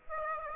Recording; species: mosquito wingbeat signal from an infrared sensor; Aedes aegypti